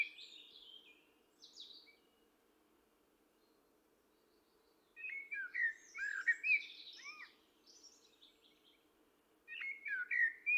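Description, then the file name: Common blackbird song: faint thin twitter, a pause, then a rich fluted warble with squeaky high flourishes, and a further phrase starting near the end; low hum behind. "Turdus merula"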